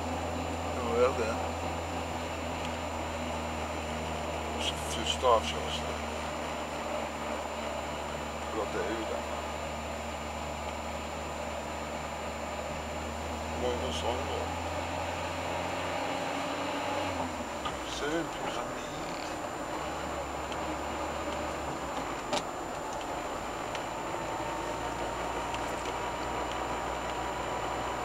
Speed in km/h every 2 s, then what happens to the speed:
29, 28, 27, 26, 26, 26, 26, 30, 33, 35, 37, 39, 41, 43.
0-12 steady at about 26. 12-28 speeds up to 43.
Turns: 6-14.